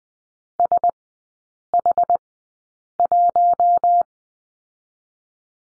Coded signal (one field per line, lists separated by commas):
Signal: Morse code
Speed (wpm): 20 wpm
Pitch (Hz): 700 Hz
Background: none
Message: SH1